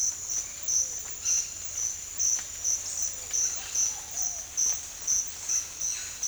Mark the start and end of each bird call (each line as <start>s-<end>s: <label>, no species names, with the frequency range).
1.22s-1.87s: bird call (0.8-4.7 kHz)